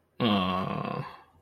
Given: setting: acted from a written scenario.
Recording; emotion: vocal sound without words; sympathy